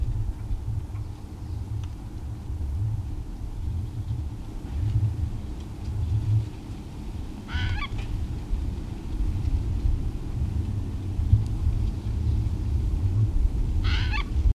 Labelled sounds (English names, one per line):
Eurasian Jay song